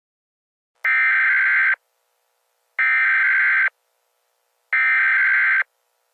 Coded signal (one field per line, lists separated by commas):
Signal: Emergency Alert System (SAME) tones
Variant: header bursts